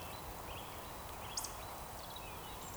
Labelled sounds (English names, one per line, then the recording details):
Eurasian Woodcock
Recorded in Baden-Württemberg, Germany, on 13 June 2020 at 19:53 UTC
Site 43791, 788 m above sea level